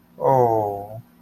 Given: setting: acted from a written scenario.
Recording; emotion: vocal sound without words; sympathy